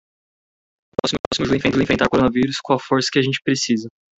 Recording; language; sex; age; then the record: spoken sentence; Brazilian Portuguese; male; 20 to 29 years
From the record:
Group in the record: control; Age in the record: 27 years